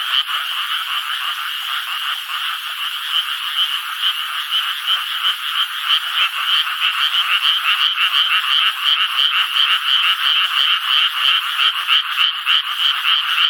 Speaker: 雨が降り出しそうなときや夕方になって涼しくなりますと、カエルは鳴き始めるわけですね。